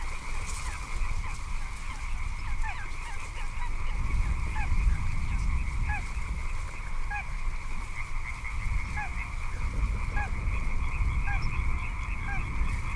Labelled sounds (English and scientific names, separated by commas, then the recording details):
Little Crake (Porzana parva)
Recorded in the wild
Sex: male
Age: adult
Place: Kützerhof, Kummerower See, Mecklenburg-Vorpommern, DE
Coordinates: 53.8583, 12.85
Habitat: wetland
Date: 2009-04-14 22:57
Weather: wolkenlos, windstill, ca. 10°C
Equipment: Sound Devices 702, Sennheiser MKH 70, Rycote Windschutz
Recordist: Frommolt, Karl-Heinz